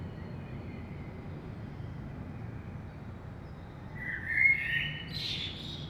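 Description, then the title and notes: Common blackbird song: a short fluty phrase, then a thin, squeaky high twitter, over a steady low rumble. Saint-Gilles, Belgium, early morning; recorded with a DPA 2006c AB microphone pair into a Zoom F3 recorder. "Saint-Gilles, Belgique - Blackbird - Merle. Blackbird in the morning. Merle au petit matin"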